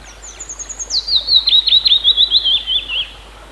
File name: penochka vesnichka